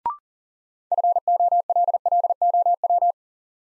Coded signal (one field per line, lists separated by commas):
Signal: Morse code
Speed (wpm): 40 wpm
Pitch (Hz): 700 Hz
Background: none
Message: FOLLOW